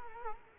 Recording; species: mosquito wingbeat signal from an infrared sensor; Culex quinquefasciatus